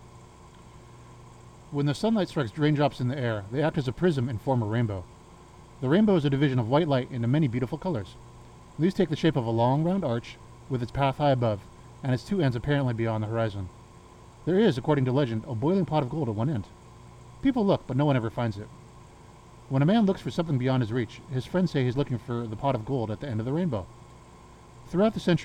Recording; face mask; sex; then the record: reading aloud; surgical mask; male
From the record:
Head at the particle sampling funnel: turned sideways, cheek in front of it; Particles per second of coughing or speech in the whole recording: 0.342